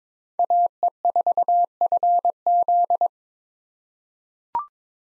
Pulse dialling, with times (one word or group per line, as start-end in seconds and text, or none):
none